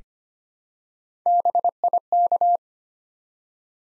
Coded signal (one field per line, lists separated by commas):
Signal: Morse code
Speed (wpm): 25 wpm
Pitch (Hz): 700 Hz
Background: none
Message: BIK